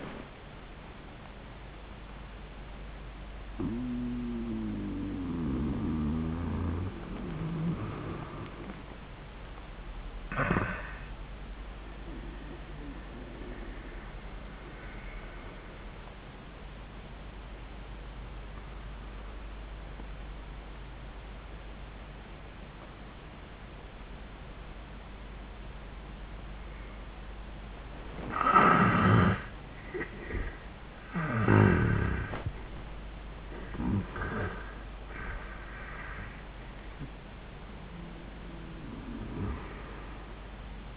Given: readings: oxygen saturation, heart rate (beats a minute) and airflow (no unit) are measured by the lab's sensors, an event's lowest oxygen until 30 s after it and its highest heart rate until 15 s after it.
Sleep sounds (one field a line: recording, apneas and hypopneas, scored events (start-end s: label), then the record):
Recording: breathing in sleep by a voice recorder at the bedside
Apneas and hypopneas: 1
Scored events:
13.00-32.70 s: obstructive apnea (N1, oxygen 97% highest, then 80% lowest, heart rate 103 at the start, 103 highest)
From the record:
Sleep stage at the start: N1 (lightest sleep)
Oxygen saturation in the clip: 65 to 97%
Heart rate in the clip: 69 to 103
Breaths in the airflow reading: 4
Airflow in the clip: -20.1 to 10.3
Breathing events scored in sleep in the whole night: 400 in 8.7 hours asleep